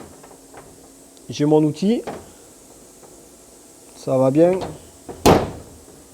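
Someone talks twice while a tool is clipped into a small spherical clip-in recess on a 3D-printed part. A single sharp click at 5.3 s marks the tool seating, and it is then fixed in place.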